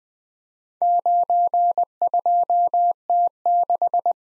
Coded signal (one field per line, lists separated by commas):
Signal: Morse code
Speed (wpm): 20 wpm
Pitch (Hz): 700 Hz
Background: none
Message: 92T6